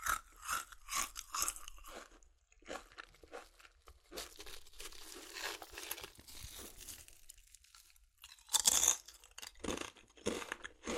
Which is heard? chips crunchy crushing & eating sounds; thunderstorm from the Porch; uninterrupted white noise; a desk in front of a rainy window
chips crunchy crushing & eating sounds